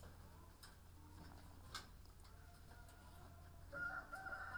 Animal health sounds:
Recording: poultry house recording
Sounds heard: sick chickens (respiratory disease)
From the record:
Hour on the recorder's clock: 18

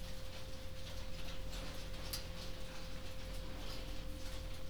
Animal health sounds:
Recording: poultry house recording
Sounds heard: no chicken sound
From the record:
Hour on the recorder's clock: 22

